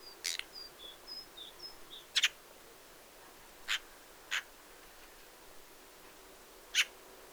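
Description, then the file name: Eurasian magpie calling with isolated harsh, scratchy notes at irregular intervals, and a few thin whistled notes early on. "Pica pica"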